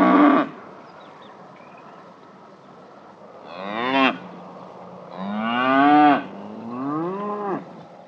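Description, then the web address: Cow mooing three times in close succession, each moo swelling then breaking off, after a brief loud sound at the start and a quiet stretch. Several cows grazing and mooing. "SFXSource AOS Cows Grazing Mooing"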